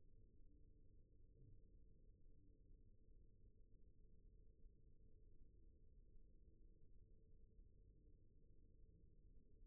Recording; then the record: forearm muscle sounds (acoustic myography)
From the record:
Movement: rest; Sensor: system 1, eight BSWA MPA416 microphones around the upper forearm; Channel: 4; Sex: male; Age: 23 years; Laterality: right